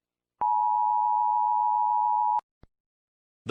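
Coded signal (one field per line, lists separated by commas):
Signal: Emergency Alert System (SAME) tones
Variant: 853 and 960 Hz attention tone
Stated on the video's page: Fictional simulated alert scenario, not real.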